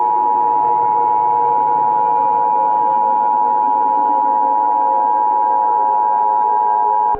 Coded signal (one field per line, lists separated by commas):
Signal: Emergency Alert System (SAME) tones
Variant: 853 and 960 Hz attention tone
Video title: EAS Re-creation | Classic DFW Activity (3/26/2017)